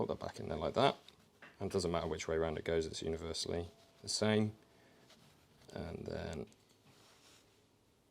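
Someone talks while handling a crimped AMP SuperSeal terminal pin, held in place ready to be pushed into a plastic sealed automotive connector housing. Faint handling sounds are heard between the talking. Nothing has seated or clicked yet.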